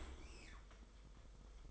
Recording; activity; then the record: daily activity, microphone in the room; open dishwasher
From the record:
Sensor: 5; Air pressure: 990.6 hPa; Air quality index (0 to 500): 162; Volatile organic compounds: 276 ppm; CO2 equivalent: 4426 ppm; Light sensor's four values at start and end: 37/112/43/46 and 37/112/43/46